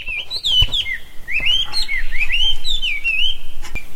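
Bird song: looping whistled notes, some rising and falling, in a lively warbling phrase with a few low thumps and clicks.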